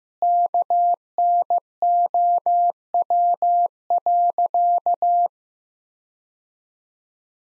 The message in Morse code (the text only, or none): KNOW.